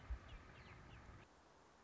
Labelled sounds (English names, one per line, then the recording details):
Song Sparrow
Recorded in Sonoma County, California